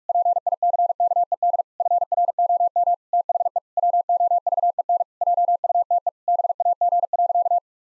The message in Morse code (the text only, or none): PICKED FROM THE WOVEN JUTE BAG.